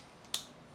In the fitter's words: ओए टक दरी सी आवाज़ आई।